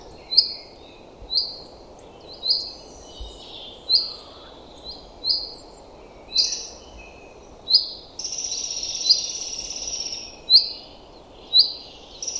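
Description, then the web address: Common chaffinch giving short, bright, high notes about once a second, with a steady high whine for two seconds near the end and a faint low hiss throughout. "Deverinetal 2025"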